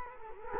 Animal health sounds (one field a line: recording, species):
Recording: mosquito wingbeat signal from an infrared sensor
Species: Culex quinquefasciatus